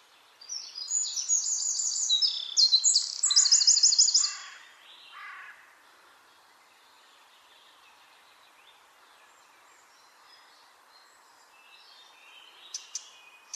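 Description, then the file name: Eurasian wren song, a vigorous stream of very high, rapid trills and twittering notes for about four seconds, then mostly quiet with faint chirps. "Troglodytes troglodytes"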